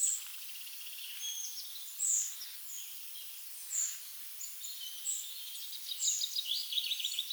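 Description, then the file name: Eurasian nuthatch giving short, very high thin calls scattered throughout, with a buzzy run of rapid pulses near the end over a steady insect-like hiss. "Sitta europaea"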